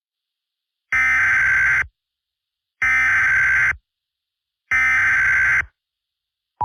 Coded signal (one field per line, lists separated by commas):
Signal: Emergency Alert System (SAME) tones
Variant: header bursts